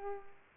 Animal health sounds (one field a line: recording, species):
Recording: mosquito wingbeat signal from an infrared sensor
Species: Culex pipiens